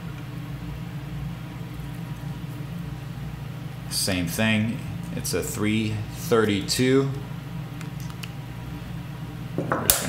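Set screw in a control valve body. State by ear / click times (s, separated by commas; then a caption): released / 9.9 s. A set screw in a control valve body is turned with a hex key to loosen it while someone talks over a steady low background hum. A few faint ticks come near the end, then a sharp pop at 9.9 s as the screw breaks free and comes loose.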